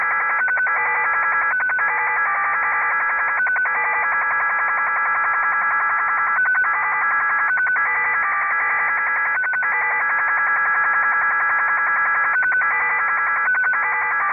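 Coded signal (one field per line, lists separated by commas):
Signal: HF data modem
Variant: XSL Japanese Slot Machine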